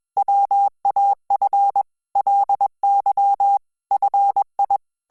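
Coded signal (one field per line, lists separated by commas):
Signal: Morse code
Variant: Korean alphabet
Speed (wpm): 21 wpm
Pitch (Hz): 800 Hz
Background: none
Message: 본 게 냐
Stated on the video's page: Hangul Morse listening practice sent at 20 WPM.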